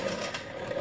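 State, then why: Not seated. A fiberglass bumper edge is pressed against the replaced fender on the second side of a 40-year-old Datsun 280ZX Turbo project car; the fender has likely been replaced before and is not lining up the same. Only a steady, soft rubbing and scraping is heard for 0.8 seconds, with no sharp hits. The bumper does not snap into place the way the other side did, so nothing has seated or clicked yet.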